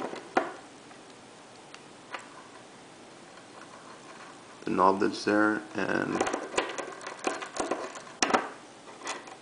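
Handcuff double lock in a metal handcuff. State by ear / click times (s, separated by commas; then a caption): released / 8.2 s. A bent bobby pin is worked around inside the keyhole of a metal handcuff, making faint scraping ticks, while someone talks. A sharp click at 8.2 s marks the handcuff's double lock releasing, so the double lock is now off.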